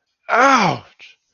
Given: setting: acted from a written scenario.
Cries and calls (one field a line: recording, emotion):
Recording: vocal sound without words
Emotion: pain